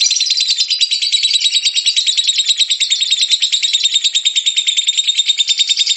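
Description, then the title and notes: Lovebird ngekek song, a fast continuous stream of shrill, scratchy chattering notes without pause, steady and loud throughout. Long ngekek song of a lovebird, used as a bait song (kicau pancingan) to prompt other lovebirds to sing. "suara Master Kicau Lovebird ngekek, kicau pancingan"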